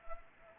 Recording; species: mosquito wingbeat signal from an infrared sensor; Anopheles arabiensis